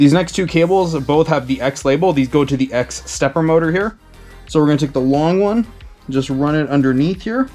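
Someone talks while handling the long X-labelled cable on an Anycubic Kobra 2 Pro 3D printer, running it underneath toward the X stepper motor so its plastic plug can be pushed into the motor's socket. Nothing has seated or clicked yet.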